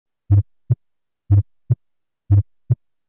First Heart Sound (Markedly Split).